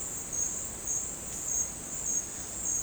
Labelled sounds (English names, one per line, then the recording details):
none
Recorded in dense forest near Puerto Asís, Putumayo, Colombia, on 22 December 2024 at 10:00
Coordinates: 0.466, -76.327
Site G075